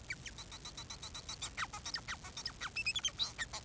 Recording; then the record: song of a male Bengalese finch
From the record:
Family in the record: son of father 4